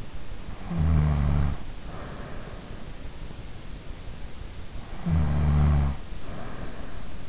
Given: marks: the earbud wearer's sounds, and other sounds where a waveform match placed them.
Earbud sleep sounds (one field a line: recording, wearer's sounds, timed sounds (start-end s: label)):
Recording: sounds in sleep by an in-ear microphone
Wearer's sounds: snoring breath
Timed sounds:
0.69-2.92 s: snoring breath
4.73-7.29 s: snoring breath